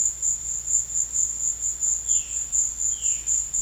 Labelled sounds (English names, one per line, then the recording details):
Violaceous Jay
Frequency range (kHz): Violaceous Jay 1.9-4.0 kHz
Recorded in pastures near Puerto Asís, Putumayo, Colombia, on 4 March 2025 at 15:30
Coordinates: 0.502, -76.324
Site GP07